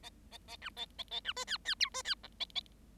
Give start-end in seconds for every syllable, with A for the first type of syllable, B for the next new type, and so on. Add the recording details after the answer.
0.03-0.10 A, 0.31-0.38 A, 0.47-0.56 A, 0.61-0.70 B, 0.76-0.86 A, 0.98-1.03 A, 1.11-1.20 A, 1.24-1.33 B, 1.36-1.44 C, 1.47-1.57 D, 1.65-1.75 D, 1.80-1.89 E, 1.93-2.02 C, 2.04-2.15 D, 2.23-2.27 F, 2.40-2.45 A, 2.55-2.60 A. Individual Bird7